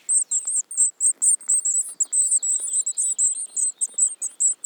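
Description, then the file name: Eurasian Blue Tit giving rapid, thin, very high chips and short trills in a near-continuous stream, with brief pauses between bursts. "Cyanistes caeruleus"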